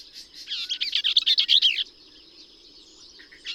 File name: Bell's Vireo